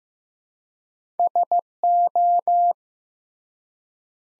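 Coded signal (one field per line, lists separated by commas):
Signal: Morse code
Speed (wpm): 15 wpm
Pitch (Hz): 700 Hz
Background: none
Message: SO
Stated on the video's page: Morse practice sentences from top 300 words at 15 wpm with 3x standard word spacing, a Farnsworth-like method.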